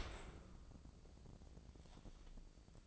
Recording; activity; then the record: daily activity, microphone in the room; open dishwasher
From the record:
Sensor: 5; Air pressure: 1012.4 hPa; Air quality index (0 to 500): 164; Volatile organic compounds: 2 ppm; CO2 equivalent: 1112 ppm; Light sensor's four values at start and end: 133/318/136/152 and 133/317/135/152